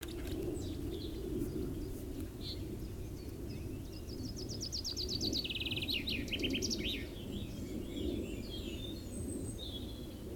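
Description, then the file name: Common chaffinch phrase: a fast run of high notes dropping in pitch, then a short flourish, over steady low rumbling noise and scattered faint chirps. "Fringilla coelebs"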